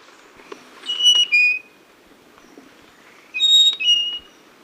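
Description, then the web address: Spotted Nightingale-Thrush song: two ringing whistled phrases, each a high note falling to a lower one, separated by a pause, over quiet background hiss. Recorded in Ecuador. "S America Birds of Ecuador. Spotted Nightingale-Thrush"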